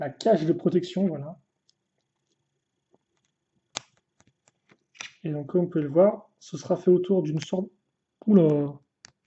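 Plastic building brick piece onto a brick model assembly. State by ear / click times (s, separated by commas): seated / 9.0 s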